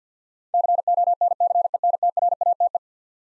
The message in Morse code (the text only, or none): CONCENTRATE